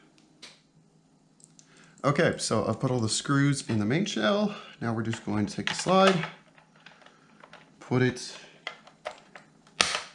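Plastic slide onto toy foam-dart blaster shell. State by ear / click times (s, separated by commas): seated / 9.8 s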